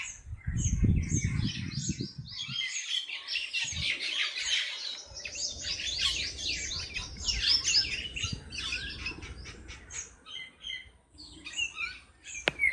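Bird chorus of rapid, high, overlapping chirps and trills, with a low rumbling noise at the start and a sharp click near the end.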